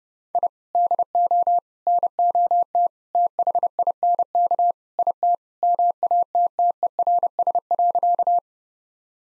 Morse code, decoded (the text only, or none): I DO NOT THINK IT MATTERS.